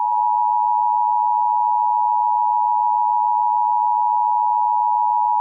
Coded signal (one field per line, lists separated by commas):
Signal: Emergency Alert System (SAME) tones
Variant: 853 and 960 Hz attention tone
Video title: Eas scenario 3 solar eclipse ( from my second account)